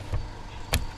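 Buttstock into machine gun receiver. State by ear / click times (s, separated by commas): not seated / none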